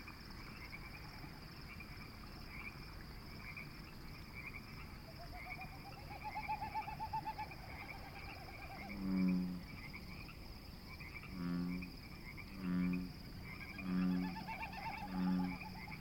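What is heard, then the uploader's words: Dusk at a wildlife refuge wetland, with a steady wash of insects and frog chorus filling the background. Around the middle a faint rising call drifts past, then from about nine seconds a frog croaks in low, rhythmic bursts roughly every second and a half. Evening-Dusk At Conboy Lake National Wildlife Refuge. A dense marshy area that fills with snowmelt from the end of winter throughout the spring.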